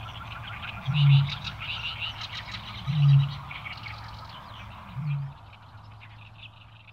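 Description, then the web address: Eurasian bittern booming: three deep, hollow low booms about two seconds apart, the last weaker, over a background of chattering birds. "botaurus stellaris"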